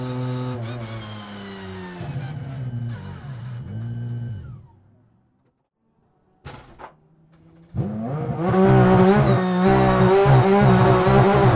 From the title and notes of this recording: Porsche 911 RSR In-Car Audio, Charlotte 2020.